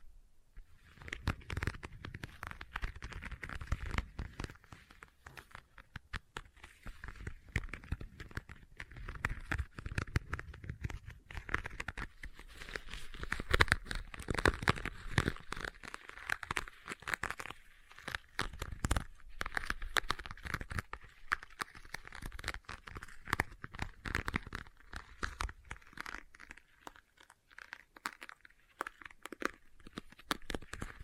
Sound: Leather Tapping & Scratching Sounds